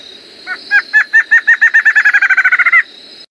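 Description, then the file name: Streak-backed Antshrike song: an accelerating series of many hollow notes that quicken and grow louder before stopping abruptly, over a steady high hum. Portuguese name choca-de-roraima. "Canto do choca de roraima"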